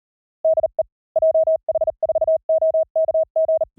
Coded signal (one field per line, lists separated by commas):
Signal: Morse code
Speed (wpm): 39 wpm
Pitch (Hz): 640 Hz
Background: none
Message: DE JH4OKG